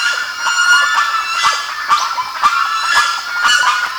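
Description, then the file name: Bird calls, dense overlapping harsh harmonic notes with sharp clicky bursts at irregular intervals throughout. "SABIOD 50 bird 2015"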